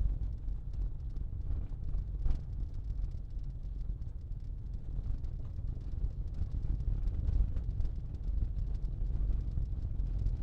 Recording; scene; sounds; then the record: everyday scene through a hearing-aid microphone; in a vehicle; engine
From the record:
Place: Berlingo II, diesel engine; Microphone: in the ear canal, left